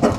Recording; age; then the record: pig call; growing-finishing pig (85 days or more)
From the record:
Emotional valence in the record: positive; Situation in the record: run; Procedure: transit